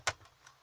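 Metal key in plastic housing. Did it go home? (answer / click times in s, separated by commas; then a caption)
yes / 0.1 s. Radio release keys are pushed into the holes on each side of the car radio in a 2009–2015 Fiat Punto Evo, pressing against a bit of pressure until they click. A single sharp click lands at 0.1 s, followed by a much fainter tick at about 0.5 s. The release keys are seated in the radio housing.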